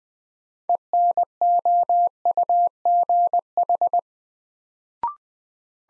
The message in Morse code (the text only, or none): ENOUGH